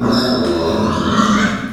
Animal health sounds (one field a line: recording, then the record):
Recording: squeal of a Yucatan mini pig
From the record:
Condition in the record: after surgery on the right vocal fold (resection and tissue-engineered implant)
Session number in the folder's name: 12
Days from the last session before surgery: 105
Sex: female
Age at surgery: 19 weeks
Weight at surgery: 25 kg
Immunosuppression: prednisolone